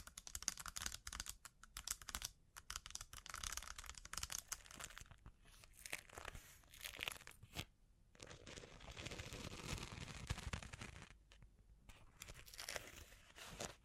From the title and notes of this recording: ASMR Sleep Inducing Bling Bling Triggers (No Talking).